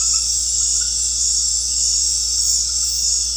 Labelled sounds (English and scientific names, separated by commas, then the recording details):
none
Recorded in secondary vegetation near Puerto Asís, Putumayo, Colombia, on 13 March 2025 at 19:00
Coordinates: 0.484, -76.319
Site G010